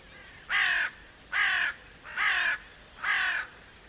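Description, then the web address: Crow-like bird giving four harsh, hoarse caws, evenly spaced about one second apart, each lasting roughly a third of a second, over faint background hiss. "cianscape. Deverinetal 2025. Bird Only"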